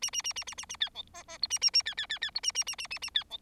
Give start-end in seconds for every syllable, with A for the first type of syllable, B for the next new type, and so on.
0.02-0.10 A, 0.12-0.22 A, 0.24-0.33 A, 0.35-0.44 A, 0.47-0.55 A, 0.57-0.65 A, 0.69-0.77 A, 0.80-0.89 B, 0.94-1.02 C, 1.14-1.23 D, 1.28-1.38 D, 1.42-1.47 E, 1.50-1.59 A, 1.61-1.70 A, 1.73-1.82 A, 1.85-1.94 B, 1.97-2.06 B, 2.09-2.19 B, 2.21-2.30 B, 2.35-2.40 E, 2.43-2.51 A, 2.54-2.64 A, 2.66-2.75 A, 2.78-2.87 A, 2.90-2.98 A, 3.02-3.10 A, 3.14-3.23 B, 3.30-3.37 C